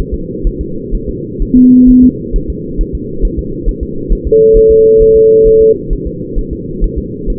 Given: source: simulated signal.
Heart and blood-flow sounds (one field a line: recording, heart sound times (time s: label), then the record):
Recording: fetal heart sounds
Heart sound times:
0.14 s: S2
0.47 s: S1
0.61 s: S2
0.95 s: S1
1.09 s: S2
1.42 s: S1
1.57 s: S2
1.90 s: S1
2.04 s: S2
2.36 s: S1
2.50 s: S2
2.81 s: S1
2.95 s: S2
3.25 s: S1
3.39 s: S2
3.69 s: S1
3.83 s: S2
4.12 s: S1
4.27 s: S2
4.57 s: S1
4.71 s: S2
5.02 s: S1
5.16 s: S2
5.47 s: S1
5.62 s: S2
5.93 s: S1
6.07 s: S2
6.39 s: S1
6.53 s: S2
6.84 s: S1
6.98 s: S2
7.30 s: S1
From the record:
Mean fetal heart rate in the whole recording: 130 bpm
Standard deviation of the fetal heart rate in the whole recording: 4 bpm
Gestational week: 38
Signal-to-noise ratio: -6.6 dB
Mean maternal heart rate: 72 bpm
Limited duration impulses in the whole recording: present